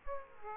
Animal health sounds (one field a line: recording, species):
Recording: mosquito wingbeat signal from an infrared sensor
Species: Aedes aegypti